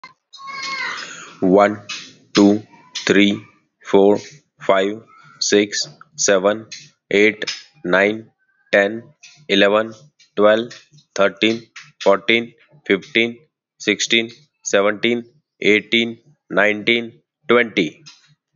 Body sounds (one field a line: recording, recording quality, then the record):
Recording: counting at a normal pace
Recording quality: excellent, no background noise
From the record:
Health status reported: healthy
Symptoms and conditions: none ticked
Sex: male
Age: 36 years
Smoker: not ticked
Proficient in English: yes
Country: India